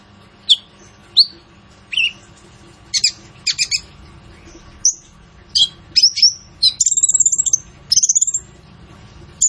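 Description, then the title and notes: Purple-throated sunbird song: spaced high chirps building to quick clusters and a buzzy, trilled high phrase near the end. Training recording (masteran) for songbirds, full of fill phrases (isian) and bursts (tembakan), meant to draw out song from other birds; described as an actively singing bird (gacor). "MASTERAN KOLIBRI NINJA FULL ISIAN DAN TEMBAKAN COCOK BUAT PANCINGAN. Suara Burung Kolibri Ninja Gacor"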